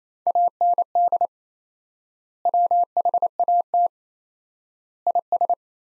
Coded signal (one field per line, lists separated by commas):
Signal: Morse code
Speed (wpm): 28 wpm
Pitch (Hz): 700 Hz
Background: none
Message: AND WHAT IS